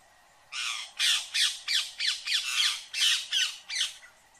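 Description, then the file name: Rose-ringed parakeet giving a rapid series of harsh, grating squawks, about three per second, in a steady run. "Canto do periquito indiano"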